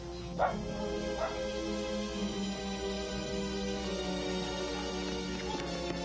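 dogs barking

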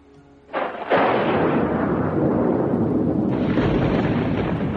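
thunder crash sound effect

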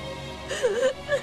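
woman crying

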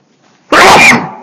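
sneeze

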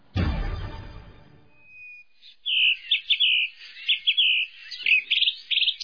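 birds chirping

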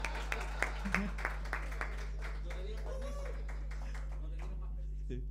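audience applause

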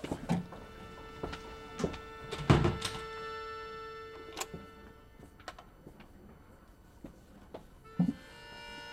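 door being closed

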